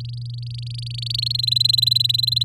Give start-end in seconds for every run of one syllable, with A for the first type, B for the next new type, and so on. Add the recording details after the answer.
0.00-1.32 A, 1.34-2.43 B. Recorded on 10 May 2018 at 06:12. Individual llb16